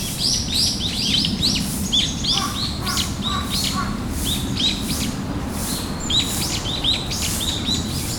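Bird calls: quick, high chirps in repeated runs, with a lower note now and then, over continuous low background noise.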